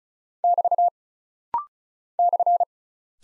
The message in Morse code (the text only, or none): <BT> /